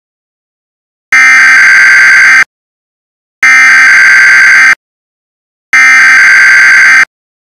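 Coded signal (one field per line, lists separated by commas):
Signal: Emergency Alert System (SAME) tones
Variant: header bursts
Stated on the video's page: Simulated EAS scenario for Halloween.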